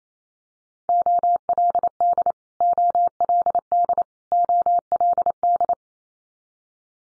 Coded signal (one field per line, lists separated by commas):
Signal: Morse code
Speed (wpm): 28 wpm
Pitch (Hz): 700 Hz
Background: none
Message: OLD OLD OLD